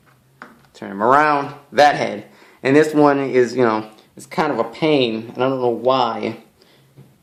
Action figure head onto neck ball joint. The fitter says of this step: Like that head will kind of snap on.